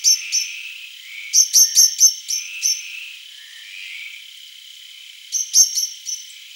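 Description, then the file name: Common blackbird giving sharp clicking chink notes in short bursts separated by pauses, over a steady high hum. "Turdus merula"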